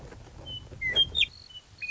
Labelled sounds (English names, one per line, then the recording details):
Western Meadowlark
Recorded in Sonoma County, California